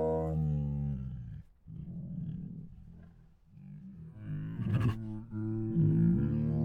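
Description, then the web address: Tiger moaning with a rumbling low tone, quieter breathy huffing in the middle, then a louder groan to the end. Hungry tiger; groans, huffs and moans. "Sound Ideas Tigers"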